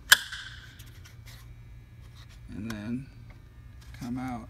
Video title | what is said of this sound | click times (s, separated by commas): Location of Primary and Secondary coolant Reservoirs / fill & bleed system 6.7 Ford F-250 / F-350. | put on until it clicks | 0.1 s